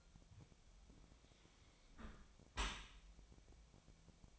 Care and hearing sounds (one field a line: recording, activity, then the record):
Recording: daily activity, microphone in the room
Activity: close dishwasher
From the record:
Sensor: 1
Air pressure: 1006.8 hPa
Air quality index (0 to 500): 208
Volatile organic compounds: 24 ppm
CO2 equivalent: 2803 ppm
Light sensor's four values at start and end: 12/31/12/14 and 12/31/12/14